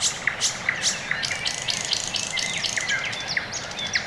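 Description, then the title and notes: Birds chirping: short sharp notes repeated throughout, joined midway by a busier burst of buzzy twittering from another bird. Quiet early morning in Orekhovo-Borisovo Severnoye district, Moscow, Russia; recorded with Sony ECM-MS2 microphone into Marantz PMD-661; processed with EQ and gain. "район Орехово-Борисово Северное, Москва, Россия - Morning birds. Quiet early morning"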